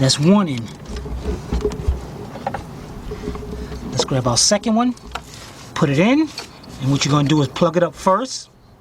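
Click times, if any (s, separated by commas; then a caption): none. Someone talks while handling a second ignition coil during reinstallation on a 2007 Nissan Murano 3.5 V6 with a rough-running engine and a P0303 cylinder 3 misfire. The plastic wiring harness connector is being readied to plug onto the coil, with a few brief handling taps around 2.5, 3.4 and 4.0 seconds. The clip ends before the connector goes home, and nothing has seated or clicked yet.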